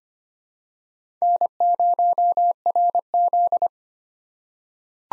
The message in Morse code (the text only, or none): N0RZ